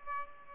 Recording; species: mosquito wingbeat signal from an infrared sensor; Aedes aegypti